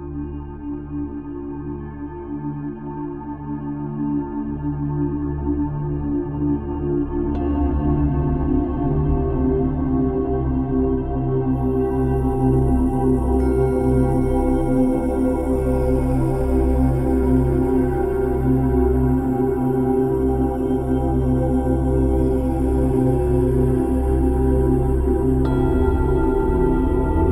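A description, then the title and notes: Layered 528 Hz tones with binaural beats form a dense, steady drone of low hums and sustained bell-like ringing. Around seven seconds the sound thickens, and near eleven seconds a faint bright shimmer enters high above. Volume stays even, rising slightly early on. 528hz + Binaural beats for Endorphin release.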